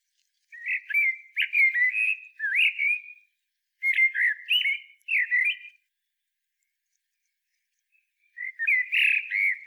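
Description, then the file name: Common blackbird song: several warbling fluted phrases with rising and falling whistles, a long pause, then another rich phrase. "Turdus merula"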